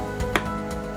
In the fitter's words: Hear that? That little click tells you that it's sealed.